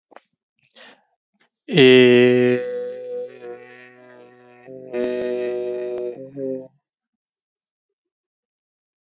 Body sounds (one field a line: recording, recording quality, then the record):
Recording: sustained vowel as in made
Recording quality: excellent, no background noise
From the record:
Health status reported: COVID-19 positive, mild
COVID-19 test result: positive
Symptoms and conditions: cough, sore throat, loss of smell and taste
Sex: male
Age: 32 years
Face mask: not worn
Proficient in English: yes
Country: India